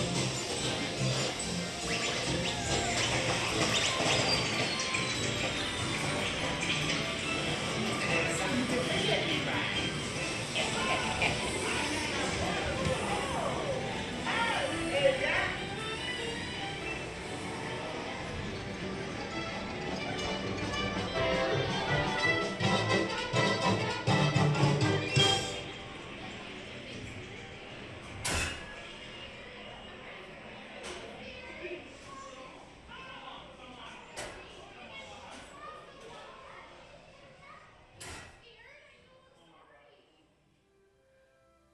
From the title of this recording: Mickey's Toon Town, Disneyland Binaural Recording